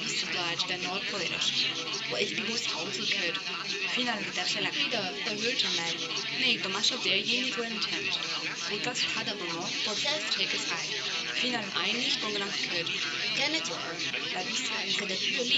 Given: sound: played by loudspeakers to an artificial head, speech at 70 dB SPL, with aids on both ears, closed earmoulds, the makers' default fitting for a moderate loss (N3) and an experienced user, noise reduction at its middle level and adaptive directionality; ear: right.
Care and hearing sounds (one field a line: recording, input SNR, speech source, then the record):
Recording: speech test signal (ISTS) in cocktail-party noise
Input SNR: 0 dB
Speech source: in front (0 degrees)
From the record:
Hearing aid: class 1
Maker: A